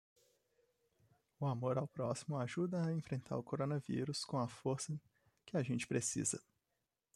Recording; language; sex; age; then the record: spoken sentence; Brazilian Portuguese; male; 20 to 29 years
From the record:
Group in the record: control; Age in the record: 24 years